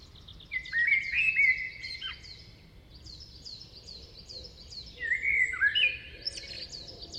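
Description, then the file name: Eurasian blackbird song: two warbled, fluty phrases, each ending in high squeaky twitters, separated by a few seconds of quieter background chirping. "Turdus merula"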